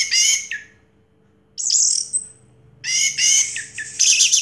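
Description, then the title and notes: Orange-headed thrush giving harsh, rich bursts of song separated by silent gaps, with one short buzzy high note in the middle. Anis merah song in the 'teler' style, with a clear voice; part of a complete collection of its sounds. "Anis Merah Teler Suara Jernih. suara anis merah"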